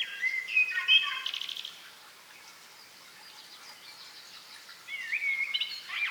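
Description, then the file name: Common blackbird song: a warbled, fluty phrase opens, then a few seconds of quiet follow before another whistled phrase ends the stretch. "Turdus merula"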